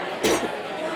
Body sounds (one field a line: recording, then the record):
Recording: coughing mixed with background sound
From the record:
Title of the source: 61 morning phlegmy cough...again